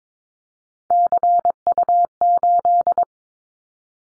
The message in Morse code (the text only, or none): CU8